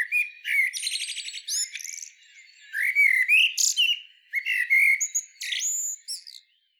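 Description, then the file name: Common Blackbird: rapid chattering trill, then fluty whistled notes and thin high squeaks in quick succession, falling silent at the end. "Turdus merula"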